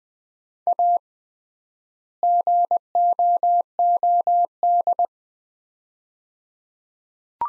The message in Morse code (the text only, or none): A GOOD